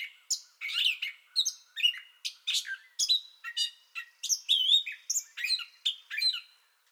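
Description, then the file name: Gray catbird song of separate squeaky and scratchy phrases in quick succession, varied in pitch, ending in brief quiet. Song bout already in progress, recorded 30 May 2021. "2021-05-30 Gray Catbird Song Bout Already Going"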